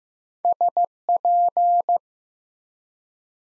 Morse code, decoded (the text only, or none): SP